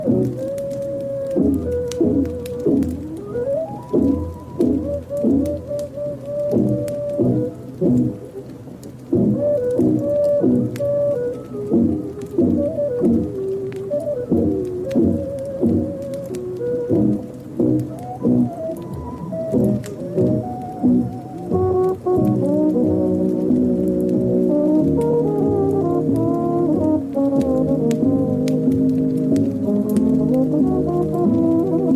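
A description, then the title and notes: Classical Christmas music plays with a fireplace crackling faintly throughout, small sharp snaps scattered over the music. A slow melody moves in mid and low notes over a steady bass, and after about twenty-two seconds the sound fills out into fuller, sustained chords. Classical Christmas with a fireplace.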